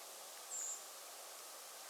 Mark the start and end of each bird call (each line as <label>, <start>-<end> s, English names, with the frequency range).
Redwing (6.5-8.7 kHz), 0.50-0.76 s